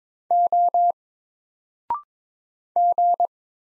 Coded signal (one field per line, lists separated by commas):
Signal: Morse code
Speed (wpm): 22 wpm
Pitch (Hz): 700 Hz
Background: none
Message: O G